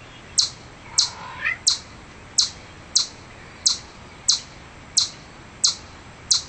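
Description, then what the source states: Chipmunk giving high, clipped chips, repeated about every two-thirds of a second, ten in all, with a brief soft rising whistle in the background early on. Chipmunk calling in anger.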